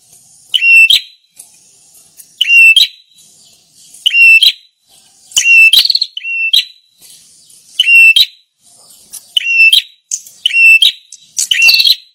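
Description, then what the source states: Prinia repeats short, sharp chattering calls with a brief high whistle about every one to two seconds, steady throughout. Lure call played to attract birds.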